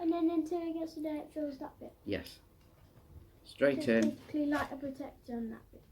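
An insulin cartridge is handled and lined up to go straight into the body of a Tandem t:slim X2 insulin pump during a type 1 diabetes site change, while someone talks throughout. The cartridge has not seated or clicked into place yet.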